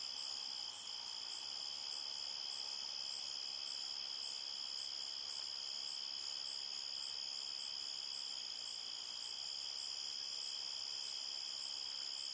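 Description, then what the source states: Crickets keep up a constant high-pitched chirping chorus, pulses blending into steady bands. Several crickets at night at a forest edge, chorus described as chirpy and steady.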